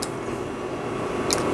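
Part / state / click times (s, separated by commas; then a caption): cap onto a fragrance bottle / not seated / none. A cap with a logo on top is handled at a fragrance bottle over a steady low background hum, with two brief high-pitched ticks near 0.0 and 1.3 seconds. The cap has not clicked or seated onto the bottle yet.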